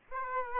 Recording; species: mosquito wingbeat signal from an infrared sensor; Aedes aegypti